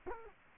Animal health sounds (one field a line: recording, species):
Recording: mosquito wingbeat signal from an infrared sensor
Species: Culex quinquefasciatus